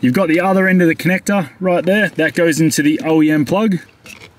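Someone talks while holding the plastic connector end of a throttle controller piggyback wiring harness, which goes into the vehicle's original (OEM) throttle pedal wiring plug and is locked with a maroon push clip. Only a faint handling tick is heard near the end, and nothing has seated or clicked yet.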